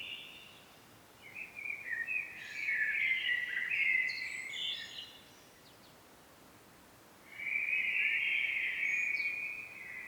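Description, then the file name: Common blackbird song: two warbling fluty phrases separated by a few seconds of quiet, with a few thin higher notes, over faint hiss. "Turdus merula"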